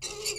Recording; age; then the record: pig call; weaner (32 to 43 days)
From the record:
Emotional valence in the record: negative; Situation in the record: long isolation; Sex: female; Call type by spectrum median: high-frequency call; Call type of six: high-frequency stable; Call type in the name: high-frequency stable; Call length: 0.39 s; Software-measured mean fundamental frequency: 408 Hz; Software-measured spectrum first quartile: 1767 Hz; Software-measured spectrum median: 4462 Hz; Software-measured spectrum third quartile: 6435 Hz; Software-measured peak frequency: 416 Hz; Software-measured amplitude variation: 149 dB a second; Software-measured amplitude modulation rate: 15.5 a second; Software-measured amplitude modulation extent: 9.7 dB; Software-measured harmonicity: 3.6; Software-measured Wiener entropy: -1.97